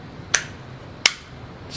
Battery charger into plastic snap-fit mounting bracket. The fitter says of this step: then you mount this to where you need it and then what will happen is you just snaps